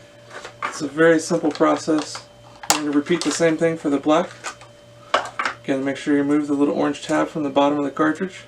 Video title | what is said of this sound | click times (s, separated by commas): Canon Pixma TS202 - Onyx Imaging - Tulsa Printer Repair - Unboxing & Setup | kind of click it into place you just kind of push all the way and you'll feel it kind of click in it's | 0.7 s